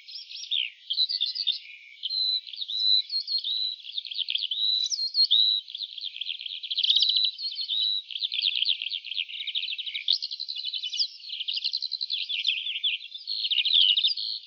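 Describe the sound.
Lark song, an endless high warble mixing short trills, slurred whistles and chirps, with a brief lull near the start.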